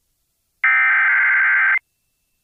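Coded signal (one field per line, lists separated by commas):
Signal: Emergency Alert System (SAME) tones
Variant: header bursts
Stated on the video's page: Tornado warning activation relayed by an FM radio station, requested by NWS Raleigh.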